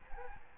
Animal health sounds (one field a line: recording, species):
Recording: mosquito wingbeat signal from an infrared sensor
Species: Aedes albopictus